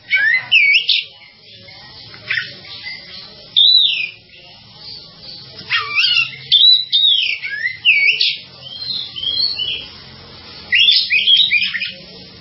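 Bird singing in separate loud bursts of twittering and sweeping whistles, spaced by quieter pauses, over a faint low hum.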